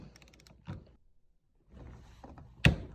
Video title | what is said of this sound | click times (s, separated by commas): Changing to All Terrain Wheels and Adding Brush Kit to Husqvarna Automower using Torque Screwdriver | There's that sound. So you'll hear the little click, and that's it. | 2.7 s